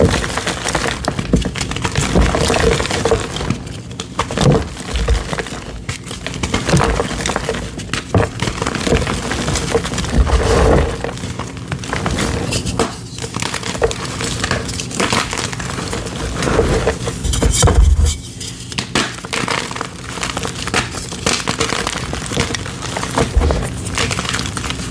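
Sticks of gym chalk being crushed, with a continuous gritty crunching and crumbling that fills the whole clip. Sharper snaps and cracks break through every second or two, notably around 10 and 18 seconds, over a faint low hum.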